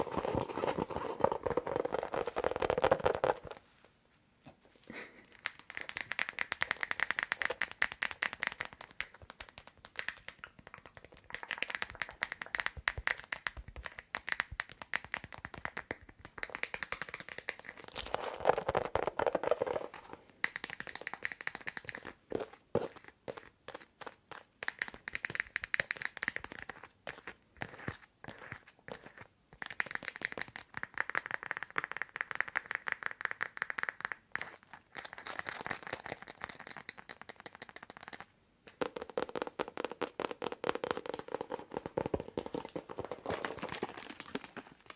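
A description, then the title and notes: Long nails tap and scratch in dense, uneven bursts, with rapid clicking runs and scraping broken by short silences near 4, 16 and 38 seconds. Tapping and Scratching with LONG NAILS.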